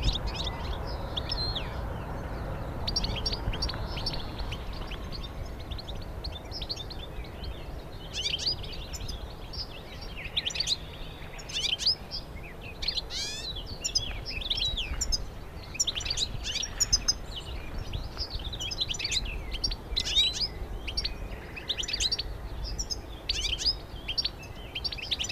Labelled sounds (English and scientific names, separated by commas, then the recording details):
European Goldfinch (Carduelis carduelis) song
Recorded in the wild
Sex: group
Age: adult
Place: Hobrechtsfelder Rieselfelder, Naturpark Barnim, Berlin, DE
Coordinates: 52.667, 13.4715
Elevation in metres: 60
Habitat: meadow
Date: 2014-04-19
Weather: cloudy, almost windless, 5°C
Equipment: Sound Devices 702, Sennheiser MKH 70, Rycote Windschutz
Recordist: Frommolt, Karl-Heinz